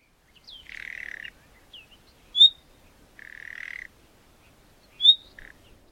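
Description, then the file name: Common nightingale calls, two harsh rasping churrs each lasting under a second, with short high whistled notes and thin upslurred chips between them, in a quiet background. "Luscinia megarhynchos"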